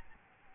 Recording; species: mosquito wingbeat signal from an infrared sensor; Aedes albopictus